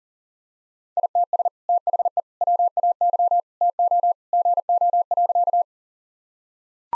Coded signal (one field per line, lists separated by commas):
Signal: Morse code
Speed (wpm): 40 wpm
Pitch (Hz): 700 Hz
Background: none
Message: ITS THE WAY TO GO.